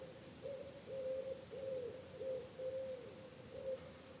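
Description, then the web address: Common wood pigeon cooing faintly, a phrase of several soft, hollow coos in a steady rhythm over a hiss of background noise. "cianscape. Deverinetal 2025. Bird Only"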